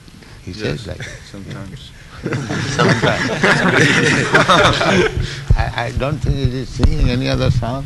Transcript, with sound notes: He says like that.
Yes. Sometimes. [laughter]
Sometimes.
I don't think... Is he singing any other song?